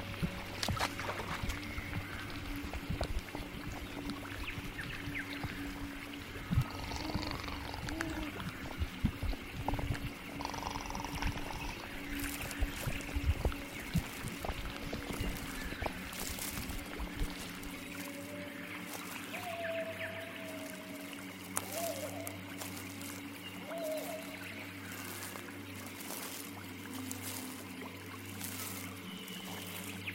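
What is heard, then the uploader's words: An alien forest ambience: a steady low hum with layered drones and faint pouring, trickling textures throughout. Scattered clicks and sharp bright bursts crackle across the first half, giving way after about 17 seconds to regular bright pulses every second or two over a deeper hum. Alien forest ASMR ambience. Sci-fi drone ambience.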